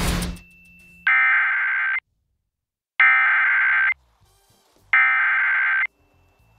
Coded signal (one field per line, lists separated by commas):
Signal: Emergency Alert System (SAME) tones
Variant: header bursts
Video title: EAS #813: EAS Fire Warning- May 27, 2023- 9:04PM PDT